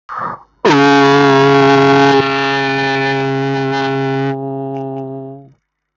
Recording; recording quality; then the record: sustained vowel as in boot; excellent, no background noise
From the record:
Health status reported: healthy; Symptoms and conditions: none ticked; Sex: male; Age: 28 years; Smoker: not ticked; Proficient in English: yes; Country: India